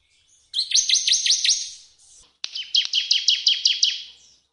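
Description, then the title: Bar-winged prinia song: two bursts of rapid, high, sharply repeated chirping notes, separated by a short pause. Persistently singing ('gacor') prinia in full 'nembak' song, used as a tutor recording for training all kinds of cage birds. "Masteran Ciblek Gacor Vs Kenari Gacor Untuk Masteran Semua Jenis Burung. Masteran ciblek full nembak. Burung Ciblek"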